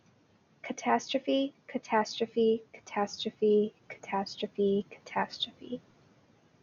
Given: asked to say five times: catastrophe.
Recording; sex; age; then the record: repeated word; female; 20 to 29 years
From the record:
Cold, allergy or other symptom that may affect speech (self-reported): no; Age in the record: 28 years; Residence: Illinois, United States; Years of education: 16